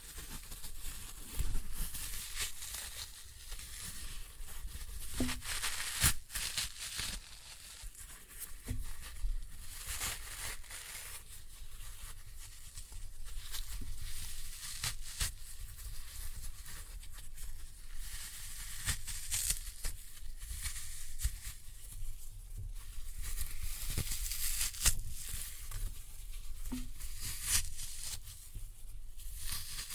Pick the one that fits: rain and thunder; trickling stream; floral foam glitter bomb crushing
floral foam glitter bomb crushing